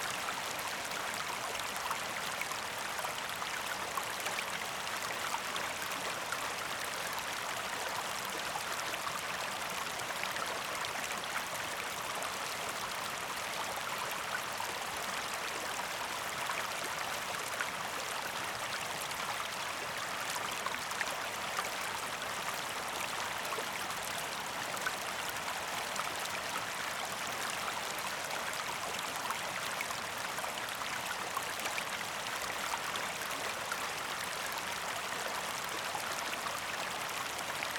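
Rushing water from a river or waterfall fills the whole clip with a steady, dense hiss and splash, strongest in the middle and upper range with little low rumble. The flow never changes in level, and no distinct birds stand out.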